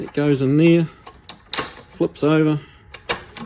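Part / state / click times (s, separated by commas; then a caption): flaring die half into handheld brake flaring tool holder / seated / 3.1 s. Someone talks while half of the two-piece die set from a handheld brake-line flaring kit is flipped over and pressed into the flaring tool's die holder. Several sharp clicks and taps follow, and the die half snaps into place in the holder with a crisp click at 3.1 s.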